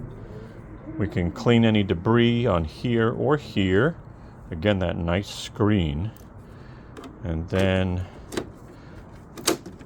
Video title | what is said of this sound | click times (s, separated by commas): NEW Wave 2 by EcoFlow now with a Heater! EcoFlow Wave 2 (sponsored) | it back in place and it locks in place so that's nice I like that | 9.5 s